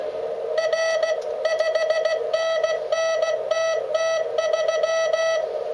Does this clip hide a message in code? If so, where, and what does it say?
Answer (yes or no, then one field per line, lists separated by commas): yes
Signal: Morse code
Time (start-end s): 0.6-5.4 s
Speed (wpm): 16 wpm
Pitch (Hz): 1300 Hz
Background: none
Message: R 5NN TT3